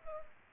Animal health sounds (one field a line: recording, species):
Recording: mosquito wingbeat signal from an infrared sensor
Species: Culex pipiens